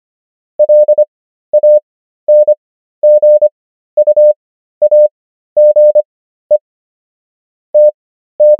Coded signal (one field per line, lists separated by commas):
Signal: Morse code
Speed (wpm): 25 wpm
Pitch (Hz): 600 Hz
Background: none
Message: LANGUAGE TT